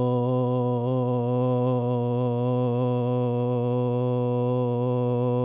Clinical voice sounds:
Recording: sustained vowel /o/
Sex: male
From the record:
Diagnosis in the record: Parkinson's disease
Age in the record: 72 years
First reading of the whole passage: 118 s, 4.4 characters per second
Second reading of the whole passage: 99 s, 5.2 characters per second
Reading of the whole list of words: 88 s, 3.2 characters per second

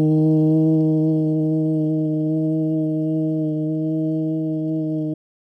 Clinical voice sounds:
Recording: sustained vowel /u/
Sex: male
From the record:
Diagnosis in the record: Parkinson's disease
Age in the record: 56 years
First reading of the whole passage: 87 s, 6.0 characters per second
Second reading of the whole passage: 67 s, 7.8 characters per second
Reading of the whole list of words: 59 s, 4.8 characters per second

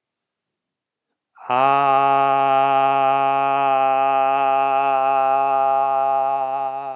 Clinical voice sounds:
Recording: sustained vowel /a/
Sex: male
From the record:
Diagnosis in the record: healthy control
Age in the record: 68 years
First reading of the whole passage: 60 s, 8.7 characters per second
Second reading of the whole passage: 55 s, 9.3 characters per second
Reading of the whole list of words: 43 s, 6.5 characters per second

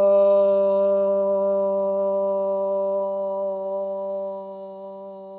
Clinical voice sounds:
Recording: sustained vowel /o/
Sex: female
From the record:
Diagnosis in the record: healthy control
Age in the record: 69 years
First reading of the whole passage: 57 s, 9.1 characters per second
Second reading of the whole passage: 50 s, 10.4 characters per second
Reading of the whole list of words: 47 s, 6.0 characters per second

